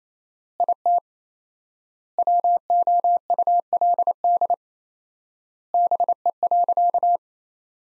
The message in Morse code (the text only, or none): IT WOULD BE.